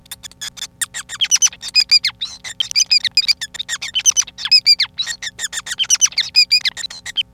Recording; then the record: song of a male Bengalese finch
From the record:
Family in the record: son of father 5